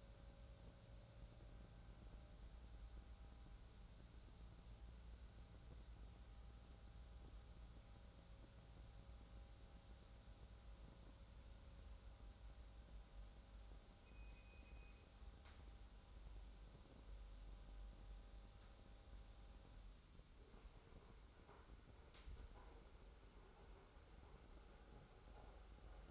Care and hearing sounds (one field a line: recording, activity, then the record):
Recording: daily activity, microphone in the room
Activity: make coffee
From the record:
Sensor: 3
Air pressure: 994.5 hPa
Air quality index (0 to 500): 206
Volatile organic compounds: 1000 ppm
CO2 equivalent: 6881 ppm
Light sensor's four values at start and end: 197/473/199/198 and 205/494/209/208